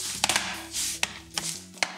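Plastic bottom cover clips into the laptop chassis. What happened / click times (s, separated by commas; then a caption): Laptop bottom cover clips snap in / 0.2 s, 1.0 s, 1.8 s. Plastic bottom-cover clips on an HP Pavilion x360 15-dq1000 laptop snap into the chassis as the cover is pressed down firmly along its edge and middle. Sharp clicks ring out at 0.2, 1.0 and 1.8 s over a steady tonal background, with smaller ticks in between. The clips seat and the cover is latched again.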